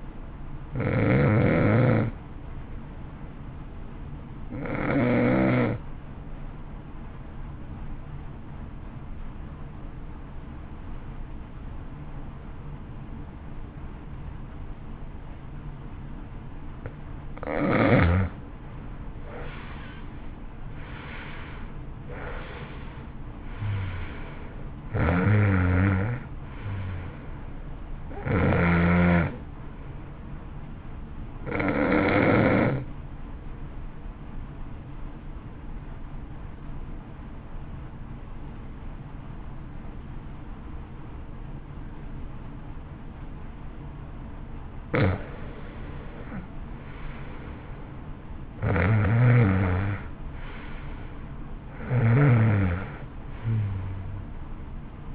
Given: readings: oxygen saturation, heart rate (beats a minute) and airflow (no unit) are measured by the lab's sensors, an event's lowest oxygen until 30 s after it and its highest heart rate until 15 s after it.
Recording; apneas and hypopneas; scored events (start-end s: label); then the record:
breathing in sleep by a smartphone at the bedside; 2
8.00-18.40 s: obstructive apnea (N2, oxygen 93% highest, then 82% lowest, heart rate 55 at the start, 64 highest)
32.00-45.40 s: hypopnea (N2, oxygen 91% highest, then 87% lowest, heart rate 59 at the start, 61 highest)
From the record:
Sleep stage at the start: N2 (light sleep); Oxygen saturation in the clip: 82 to 93%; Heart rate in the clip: 52 to 64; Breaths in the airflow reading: 11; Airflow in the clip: -15.0 to 16.2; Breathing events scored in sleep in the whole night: 328 in 6.3 hours asleep